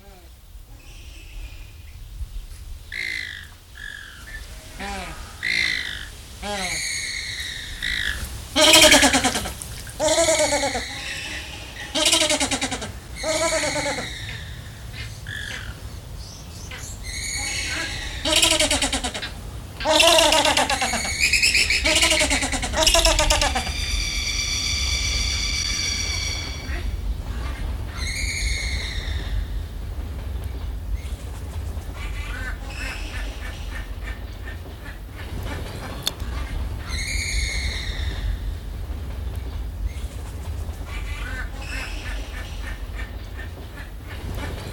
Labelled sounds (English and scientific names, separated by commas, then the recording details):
Andean Flamingo (Phoenicoparrus andinus)
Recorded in captivity
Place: Zoo Berlin, Berlin, DE
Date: 1995-07-22 19:32
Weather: heiter, 20-22°C
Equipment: Sony WM-D6C, Sennheiser ME 80, Kopie Uher 4000 Report Monitor
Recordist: Tembrock, Günter